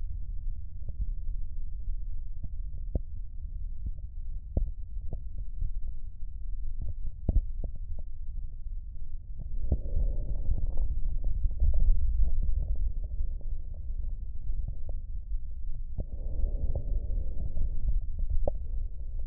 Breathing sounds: lung sounds by stethoscope; left posterior basal chest; quiet breathing, then deep breathing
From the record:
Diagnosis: interstitial lung disease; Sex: male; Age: 72 years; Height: 170 cm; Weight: 62.9 kg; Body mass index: 21.8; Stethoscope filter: extended mode

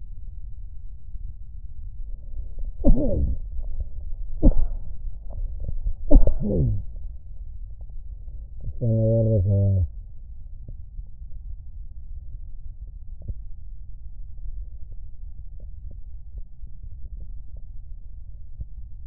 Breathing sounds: lung sounds by stethoscope; right posterior basal chest; quiet breathing, then cough and speech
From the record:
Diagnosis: COPD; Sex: male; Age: 69 years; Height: 162 cm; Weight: 124.8 kg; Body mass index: 47.6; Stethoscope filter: extended mode

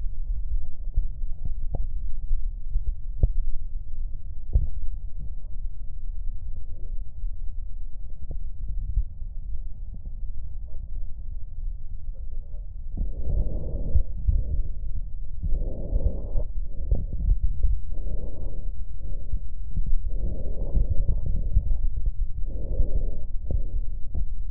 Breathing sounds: lung sounds by stethoscope; left posterior basal chest; quiet breathing, then deep breathing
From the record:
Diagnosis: none (healthy); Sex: male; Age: 29 years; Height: 180 cm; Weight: 100 kg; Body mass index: 30.9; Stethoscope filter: extended mode

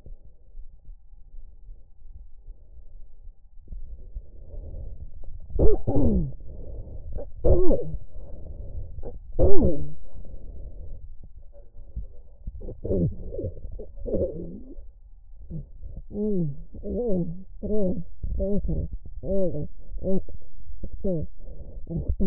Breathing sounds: lung sounds by stethoscope; left anterior apical chest; quiet breathing, then cough and speech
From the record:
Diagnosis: interstitial lung disease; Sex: female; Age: 72 years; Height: 153 cm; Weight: 71 kg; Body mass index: 30.3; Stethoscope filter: extended mode

